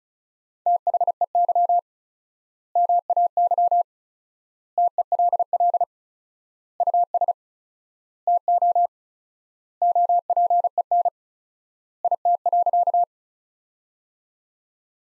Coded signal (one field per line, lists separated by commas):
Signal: Morse code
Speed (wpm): 36 wpm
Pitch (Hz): 700 Hz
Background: none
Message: THEY MAY TELL US TO OPEN IT.